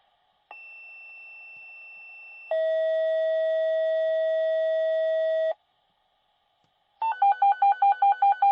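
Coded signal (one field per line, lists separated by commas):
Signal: two-tone page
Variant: fire dispatch pager tones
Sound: two long steady tones in sequence, a pause, then fast warbling alternating beeps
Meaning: Alerts fire department pagers to an emergency dispatch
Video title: Fire Department Dispatch Pager: Emergency Sound Effect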